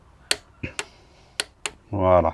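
A torque wrench set to 28 Nm tightens the injector clamp bolt during an injector seal replacement on a Renault 1.5 dCi. Sharp clicks are heard at 0.3, 1.4 and 1.7 seconds, with another short knock in between, showing the wrench has reached 28 Nm. Someone talks briefly at the end.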